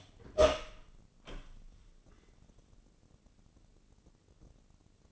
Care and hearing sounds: daily activity, microphone in the room; open door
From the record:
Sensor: 4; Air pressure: 1013.2 hPa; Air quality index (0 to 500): 178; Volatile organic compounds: 2 ppm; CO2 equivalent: 1118 ppm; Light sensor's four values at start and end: 63/153/64/64 and 81/201/83/86

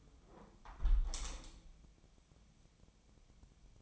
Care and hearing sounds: daily activity, microphone in the room; close window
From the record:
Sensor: 1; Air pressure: 1014.9 hPa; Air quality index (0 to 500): 25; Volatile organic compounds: 0 ppm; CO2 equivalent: 501 ppm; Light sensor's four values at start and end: 11/26/10/11 and 11/25/10/11

